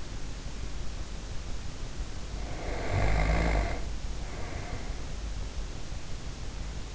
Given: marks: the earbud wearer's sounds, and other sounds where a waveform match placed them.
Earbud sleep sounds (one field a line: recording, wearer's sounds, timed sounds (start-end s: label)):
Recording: sounds in sleep by an in-ear microphone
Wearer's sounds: snoring breath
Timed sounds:
2.22-5.32 s: snoring breath